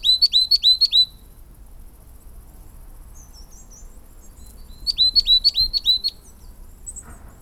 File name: tit-coal -Periparus-ater